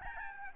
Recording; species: mosquito wingbeat signal from an infrared sensor; Aedes albopictus